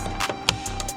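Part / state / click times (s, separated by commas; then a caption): plastic trim piece into vehicle panel / seated / 0.5 s. A plastic trim piece is pressed firmly back into its mounting on a vehicle panel. A sharp, loud snap is heard at 0.5 s, followed by a couple of softer taps, and the trim piece is seated in place.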